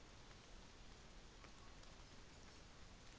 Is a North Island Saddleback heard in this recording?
no